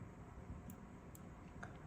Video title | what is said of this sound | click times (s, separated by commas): ทดสอบจริง! Vstarcam BG621ZS กล้องโซล่าเซลล์ 4 เลนส์ ชัดกลางวัน-กลางคืน | มันจะมีเสียงล็อคแบบนี้นะครับให้ใส่ซิมให้ใส่memmoryการดนะครับให้เรียบร้อยนะ | 1.6 s